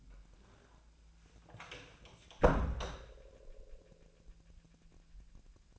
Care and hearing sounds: daily activity, microphone in the room; close door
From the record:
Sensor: 2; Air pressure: 1000.2 hPa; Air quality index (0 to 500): 162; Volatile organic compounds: 3 ppm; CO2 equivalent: 1350 ppm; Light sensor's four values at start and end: 10/24/10/11 and 10/24/10/11

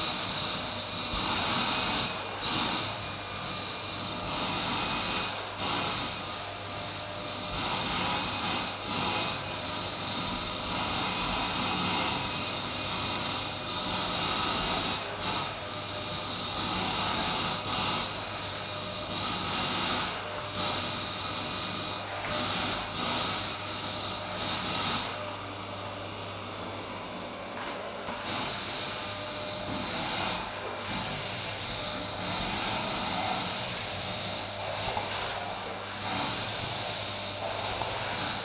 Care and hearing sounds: daily activity, microphone in the room; vacuum cleaning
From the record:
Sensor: 2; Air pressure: 991.7 hPa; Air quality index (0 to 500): 203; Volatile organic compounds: 1000 ppm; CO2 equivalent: 6707 ppm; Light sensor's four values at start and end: 24/77/29/28 and 23/75/29/27

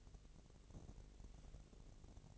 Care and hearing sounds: daily activity, microphone in the room; take from stove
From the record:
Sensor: 4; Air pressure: 1000.1 hPa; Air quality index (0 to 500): 230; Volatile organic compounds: 30 ppm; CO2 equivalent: 2968 ppm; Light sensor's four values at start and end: 9/20/8/8 and 9/20/8/7

